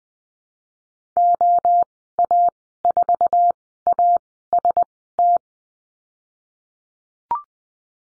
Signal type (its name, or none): Morse code